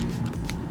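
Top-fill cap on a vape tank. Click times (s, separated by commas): 0.5 s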